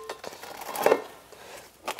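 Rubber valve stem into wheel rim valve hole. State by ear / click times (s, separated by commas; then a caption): not seated / none. A soapy rubber snap-in valve stem is being worked into the valve hole of an SD Dual beadlock wheel for an ITP Cryptid tire on an XMR 1000. Soft handling rustles are broken by a louder burst around 0.9 s and a sharp tap at 1.9 s. Nothing has seated yet; the stem has not popped into place.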